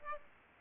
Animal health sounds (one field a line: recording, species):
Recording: mosquito wingbeat signal from an infrared sensor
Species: Aedes aegypti